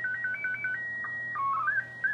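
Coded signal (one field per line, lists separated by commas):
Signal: SSTV (slow-scan television)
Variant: PD 120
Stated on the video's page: SSTV from the ISS, received on a Yaesu FT-991A with a tri-band VHF/UHF/220 vertical antenna.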